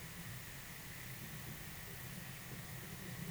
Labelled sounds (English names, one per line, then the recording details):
none
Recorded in pastures near Puerto Asís, Putumayo, Colombia, on 23 June 2025 at 10:30
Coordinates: 0.486, -76.323
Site H29